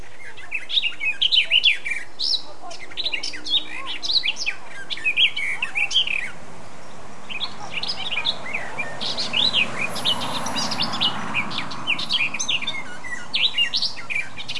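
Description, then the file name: Eurasian blackcap song: hurried scratchy and whistled notes strung into long, varied phrases, with a soft rushing background noise in the middle. "Sylvia atricapilla"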